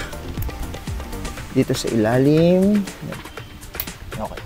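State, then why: Seated. A plastic push-pin lock is pressed back into the underside of a scooter's body panel during reassembly while someone talks. A sharp click sounds at 3.8 s as the pin seats into the panel.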